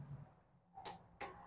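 A torque wrench set to 18 lb-ft (25 Nm) tightens the oil filler cap on a BMW engine over a low steady hum. A sharp tick sounds at 0.9 s, and a louder, crisper click follows at 1.2 s. That click at 1.2 s is the wrench breaking at its setting, confirming the cap has reached torque.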